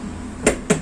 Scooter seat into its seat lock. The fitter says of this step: से लॉक हो गया।